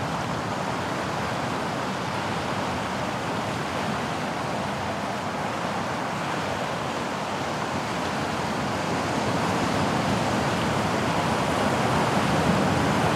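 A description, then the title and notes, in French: A beach facing the ocean, with a dense, steady wash of surf filling the whole clip. The roar stays even and full from low rumble to bright hiss, swelling slightly louder toward the end with no distinct breaking waves standing out. Sur une plage face a l'océan - bruit blanc.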